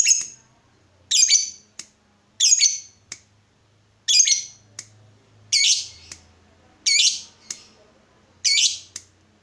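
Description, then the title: Yellow-vented bulbul harsh calls: loud raspy bursts about every one to one and a half seconds, each followed by a brief click-like note, over a faint low hum. Used as a bird lure (pikat). "PIKAT TRUCUKAN"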